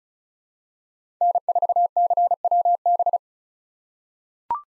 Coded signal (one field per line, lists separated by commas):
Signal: Morse code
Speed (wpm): 36 wpm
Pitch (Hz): 700 Hz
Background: none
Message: N4CWB